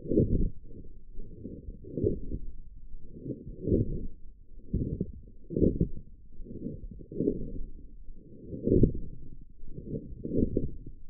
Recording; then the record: forearm muscle sounds (acoustic myography)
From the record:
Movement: forearm pronation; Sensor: system 1, eight BSWA MPA416 microphones around the upper forearm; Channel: 7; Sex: male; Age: 21 years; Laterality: right